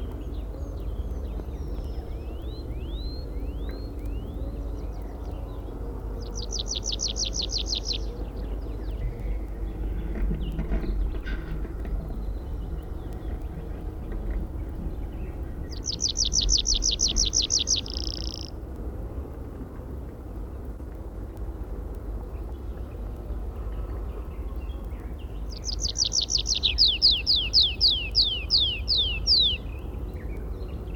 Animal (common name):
Tree Pipit